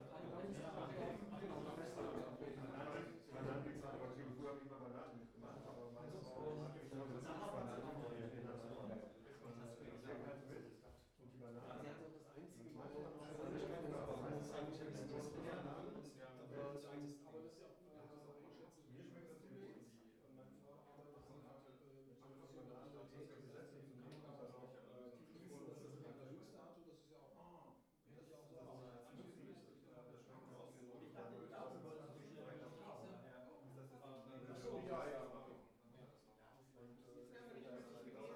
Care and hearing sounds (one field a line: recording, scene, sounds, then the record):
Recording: everyday scene through a hearing-aid microphone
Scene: many people talking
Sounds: many voices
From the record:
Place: bistro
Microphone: behind the ear, right, front